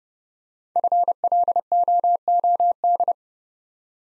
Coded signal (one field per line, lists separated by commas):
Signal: Morse code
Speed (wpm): 30 wpm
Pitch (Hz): 700 Hz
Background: none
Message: FLOOD